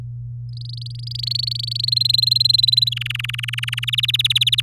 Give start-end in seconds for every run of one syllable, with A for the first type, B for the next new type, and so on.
0.49-1.90 A, 1.92-2.89 B, 2.92-3.90 C, 3.92-4.61 D